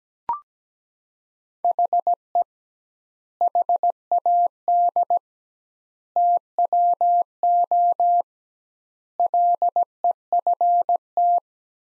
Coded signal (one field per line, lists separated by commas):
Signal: Morse code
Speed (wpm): 17 wpm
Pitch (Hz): 700 Hz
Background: none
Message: HE HAD TWO LEFT